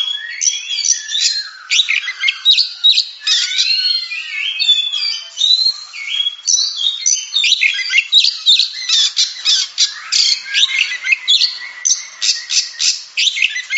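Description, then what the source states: Oriental magpie-robin song, a rich, varied stream of whistles, harsh notes and rapid buzzy phrases, continuous and loud, with sweeping slurred notes early on. Champion singing bird.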